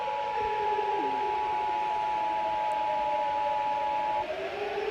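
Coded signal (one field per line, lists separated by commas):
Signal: Emergency Alert System (SAME) tones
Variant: 853 and 960 Hz attention tone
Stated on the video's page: Taiwanese alarm, broadcast version.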